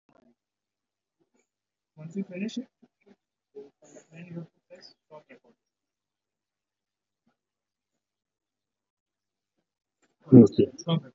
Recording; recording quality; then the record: shallow breathing; poor, much background noise or distortion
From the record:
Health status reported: COVID-19 positive, mild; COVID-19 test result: positive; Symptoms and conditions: cough, chronic lung disease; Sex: male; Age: 52 years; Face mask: not worn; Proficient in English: yes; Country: India